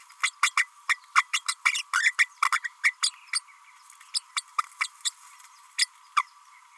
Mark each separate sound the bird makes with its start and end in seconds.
0.22-0.31, 0.42-0.50, 0.57-0.67, 0.89-0.98, 1.15-1.23, 1.33-1.41, 1.48-1.54, 1.65-1.82, 1.93-2.14, 2.18-2.26, 2.45-2.51, 2.52-2.60, 2.64-2.69, 2.83-2.94, 3.02-3.11, 3.33-3.40, 4.13-4.20, 4.36-4.42, 4.80-4.88, 5.78-5.86, 6.16-6.22